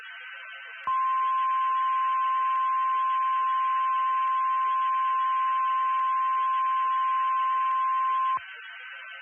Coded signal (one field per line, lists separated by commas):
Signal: Emergency Alert System (SAME) tones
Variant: 1050 Hz attention tone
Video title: EAS - Dangerous